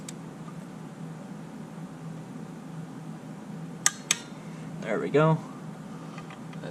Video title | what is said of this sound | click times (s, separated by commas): Jeep 3.6L Oil Filter Housing Replacement | there we go that's one click | 3.9 s, 4.1 s